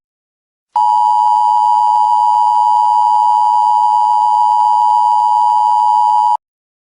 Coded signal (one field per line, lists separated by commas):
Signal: Emergency Alert System (SAME) tones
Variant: 853 and 960 Hz attention tone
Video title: Channel 24: EAS